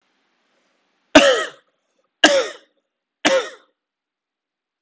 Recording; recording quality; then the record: heavy voluntary cough; excellent, no background noise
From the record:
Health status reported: healthy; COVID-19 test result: negative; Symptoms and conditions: none ticked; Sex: male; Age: 23 years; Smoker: not ticked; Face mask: not worn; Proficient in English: yes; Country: India